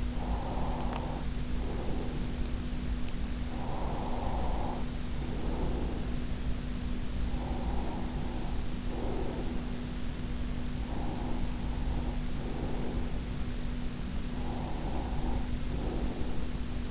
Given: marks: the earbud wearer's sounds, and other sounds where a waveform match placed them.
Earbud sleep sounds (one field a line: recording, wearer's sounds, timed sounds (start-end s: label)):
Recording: sounds in sleep by an in-ear microphone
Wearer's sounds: breath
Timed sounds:
0.25-2.67 s: breath
3.58-6.30 s: breath
6.98-9.98 s: breath
10.98-13.32 s: breath
14.17-16.77 s: breath